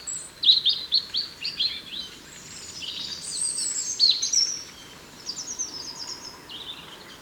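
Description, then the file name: European robin song: high, thin warbled phrases with quick trills, several short bursts in the first two seconds, then a pause and further sparkling phrases. "Erithacus rubecula"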